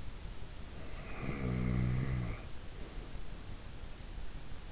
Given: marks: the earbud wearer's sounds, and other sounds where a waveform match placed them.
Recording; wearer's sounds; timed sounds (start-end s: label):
sounds in sleep by an in-ear microphone; snoring breath
0.74-3.20 s: snoring breath